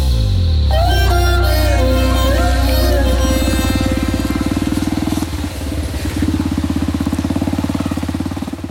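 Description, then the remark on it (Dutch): A motorcycle engine revs up loudly, its pitch climbing over the first few seconds, then settles into a steady, throbbing drone as the bike rides on toward a German house nearby, with no voices. “Op de motor vertrekken we naar een Duits huis in de buurt waar geen bewaking is.”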